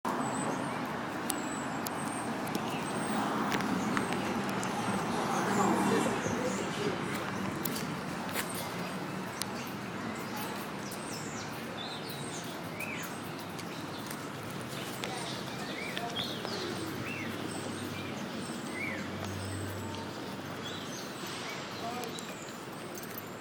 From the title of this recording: Birds on Graham Ave Brooklyn